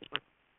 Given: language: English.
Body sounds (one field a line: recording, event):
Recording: throat vibration sensor signal played as sound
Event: swallow